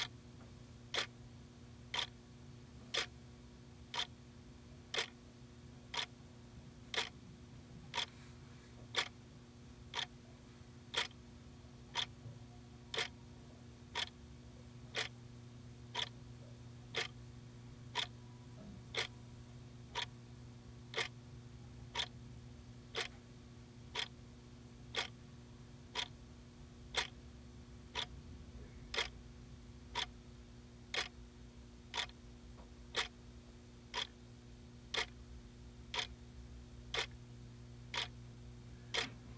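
A desk clock ticks steadily, one sharp, crisp click about every second, evenly spaced for the whole clip. Beneath the ticks runs a faint, constant low hum, as from a room appliance, with no other events.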